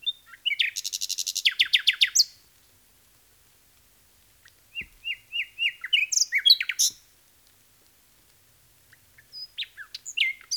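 Common nightingale song with a fast buzzy trill, then a series of repeated whistled notes building into a rich chattering phrase, followed by a pause and more chattering notes.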